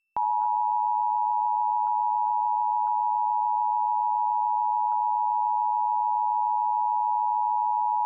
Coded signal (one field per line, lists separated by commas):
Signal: Emergency Alert System (SAME) tones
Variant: 853 and 960 Hz attention tone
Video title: Riverside-San Bernardino Required Monthly Test (EAS #608-612) 7/5/23